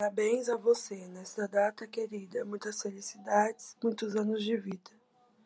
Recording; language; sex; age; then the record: short text; Brazilian Portuguese; female; 70 to 79 years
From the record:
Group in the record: control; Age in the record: 79 years